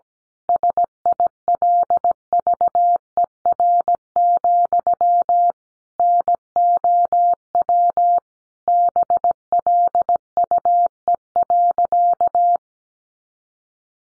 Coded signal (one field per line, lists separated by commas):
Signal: Morse code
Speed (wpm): 17 wpm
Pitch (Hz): 700 Hz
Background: none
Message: SILVER, NOW BLUE.